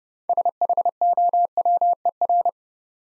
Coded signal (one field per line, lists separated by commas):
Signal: Morse code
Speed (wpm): 30 wpm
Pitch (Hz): 700 Hz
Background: none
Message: SHOWER